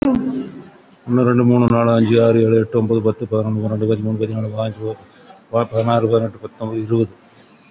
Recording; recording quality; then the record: counting at a fast pace; excellent, no background noise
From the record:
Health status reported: COVID-19 positive, mild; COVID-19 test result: positive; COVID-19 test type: RT-PCR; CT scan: not taken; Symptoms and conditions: fever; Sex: male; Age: 52 years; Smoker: no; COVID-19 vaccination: none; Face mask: worn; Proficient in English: yes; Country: India